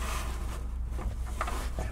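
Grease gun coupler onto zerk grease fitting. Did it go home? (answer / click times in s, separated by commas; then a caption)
no / none. A grease gun coupler is held against a hard-to-see zerk grease fitting over a steady low hum, with a brief sharp tap at about 1.4 s and a softer scrape near 1.8 s. The coupler has not snapped onto the zerk yet, so it is not on.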